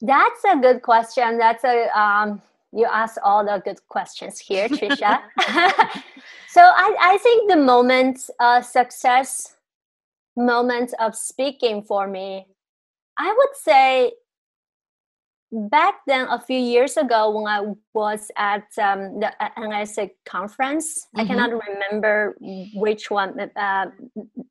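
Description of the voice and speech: An adult woman who stutters, born and raised in China, speaks conversationally with a whole-word repetition ("I, I think"), a phrase revision, stretched sounds, 'um' fillers and pauses of up to about 1.5 seconds. The disfluencies are mild and fit adult stuttering that began at about age 5-6 and worsened after bullying in eighth grade.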